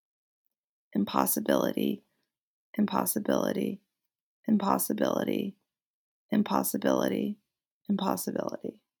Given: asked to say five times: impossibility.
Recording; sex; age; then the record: repeated word; female; 20 to 29 years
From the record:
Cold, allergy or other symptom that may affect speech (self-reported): no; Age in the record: 28 years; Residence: Virginia, United States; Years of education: 16